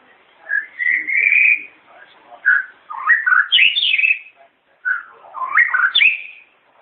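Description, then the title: White-rumped shama song: looping whistles that rise and fall, with twisting warbled phrases and a short pause. Wild, natural song from the forest. "Kicau Asli Murai Batu Hutan"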